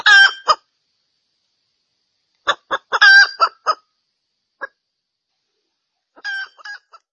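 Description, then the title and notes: Junglefowl clucking: a few brief clusters of sharp, nasal notes with long gaps of silence between them. Female junglefowl call used as a lure to attract males; said to draw dozens of males within two minutes. "Panggilan Ayam Hutan Betina. Cukup dua menit dengan suara ayam hutan betina bikin point puluhan pejantan. Pemikat Ayam Hutan"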